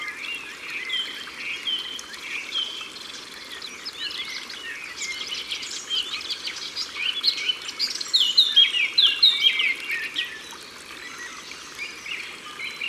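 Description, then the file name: Eurasian blackcap singing a hurried warble that climbs into loud ringing whistled notes, then fades back into a chorus of chirping birds. Recorded by the water. "Fauvette a tete noire Au bord de leau"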